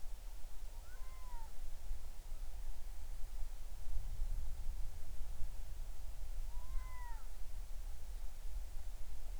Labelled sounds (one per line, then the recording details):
bird
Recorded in the Arctic National Wildlife Refuge, Alaska, on 20 July 2019 at 02:57
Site 38